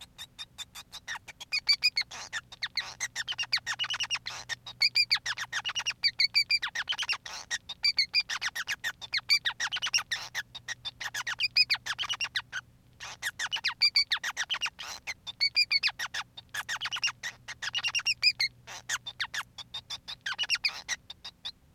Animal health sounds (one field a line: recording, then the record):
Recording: song of a male Bengalese finch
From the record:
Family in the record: son of father 5